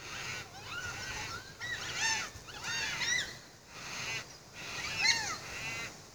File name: Baudin Cockatoo